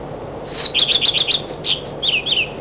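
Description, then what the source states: Common redstart singing one clear whistle followed by rapid jerky chirps and a few descending twittered notes at the close. In spring.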